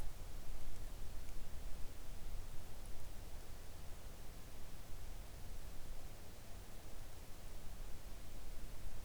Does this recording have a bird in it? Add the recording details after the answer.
no. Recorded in the Arctic National Wildlife Refuge, Alaska, on 3 August 2019 at 05:42. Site 41